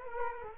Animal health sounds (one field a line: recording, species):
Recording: mosquito wingbeat signal from an infrared sensor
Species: Culex quinquefasciatus